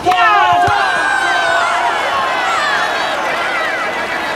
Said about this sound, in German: Alle Spieler und Spielerinnen jubeln und die Zuschauer sind begeistert.